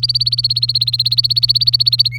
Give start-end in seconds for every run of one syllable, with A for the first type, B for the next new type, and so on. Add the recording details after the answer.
0.00-2.08 A, 2.12-2.18 B. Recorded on 24 April 2018 at 08:28. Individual llb3